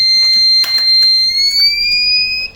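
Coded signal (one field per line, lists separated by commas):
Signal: beep code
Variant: Microtek inverter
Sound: one unbroken high-pitched beep drifting slightly upward, with a few clicks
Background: clicks and handling noise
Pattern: 1 continuous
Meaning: The inverter is signalling a fault by beeping continuously while on mains power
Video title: Microtek inverter Mains On KERTEY hi op off v cantinew beep sound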